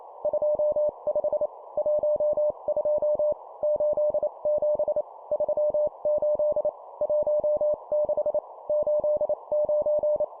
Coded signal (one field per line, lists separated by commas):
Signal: Morse code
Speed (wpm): 28 wpm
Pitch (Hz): 600 Hz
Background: none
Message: 25 12 87 38 16 89